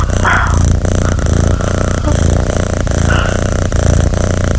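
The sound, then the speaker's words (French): A cat purring: a steady, rumbling purr with a low, fluttering pulse runs unbroken throughout, loud and dense, with no voices over it. “Oui, mais c'est qui ronronne comme ça?”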